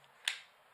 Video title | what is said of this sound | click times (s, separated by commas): Basic Camera Set Up | anti-clockwise and then you'll hear a click when it's clicked into place | 0.3 s